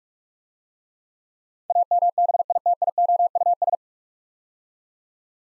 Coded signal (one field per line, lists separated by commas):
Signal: Morse code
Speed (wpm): 42 wpm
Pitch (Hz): 700 Hz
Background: none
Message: AMBITIOUS